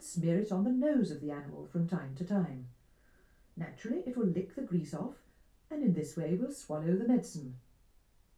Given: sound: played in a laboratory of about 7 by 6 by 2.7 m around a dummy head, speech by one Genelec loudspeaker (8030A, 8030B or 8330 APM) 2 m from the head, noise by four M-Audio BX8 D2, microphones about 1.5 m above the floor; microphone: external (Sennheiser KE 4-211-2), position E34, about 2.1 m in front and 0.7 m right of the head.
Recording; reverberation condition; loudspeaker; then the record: female speech in English; low; 60 degrees to the right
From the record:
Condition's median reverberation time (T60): about 310 ms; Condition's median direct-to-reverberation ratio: about 3.5 dB